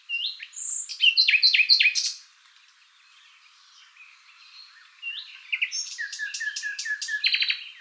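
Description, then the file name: Common nightingale song: a loud burst of varied chirps and rapid stuttering notes, a quiet pause, then a fast series of repeated sharp notes building again. "Luscinia megarhynchos"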